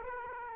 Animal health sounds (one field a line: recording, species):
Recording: mosquito wingbeat signal from an infrared sensor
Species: Aedes aegypti